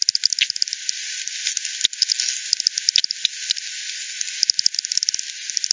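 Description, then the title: A bat's irregular clicking pulses, loose groups of ticks with a few quicker bursts spread across the recording. Multiple bats at the Hogsmill River, Hogsmill Lane, 7 October 2020 at 18:10; FD10 recording, band-pass filtered and resampled. "WW bat 20201007 T 18 : 10 Z-Hogsmill-Lane-Hogsmill-River-multiple-bats"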